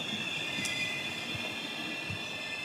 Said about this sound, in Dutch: Nou, de trein komt eraan.